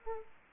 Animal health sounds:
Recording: mosquito wingbeat signal from an infrared sensor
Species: Aedes aegypti

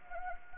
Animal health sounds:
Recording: mosquito wingbeat signal from an infrared sensor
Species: Anopheles gambiae

